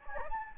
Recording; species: mosquito wingbeat signal from an infrared sensor; Anopheles gambiae